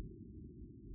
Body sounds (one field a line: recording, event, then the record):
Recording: neck accelerometer signal played as sound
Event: no cough (speech, laughter, throat clearing or background)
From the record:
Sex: female